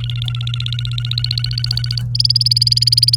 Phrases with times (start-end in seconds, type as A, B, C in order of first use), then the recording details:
0.00-2.01 A, 2.15-3.15 B. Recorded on 28 April 2018 at 08:05. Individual llb3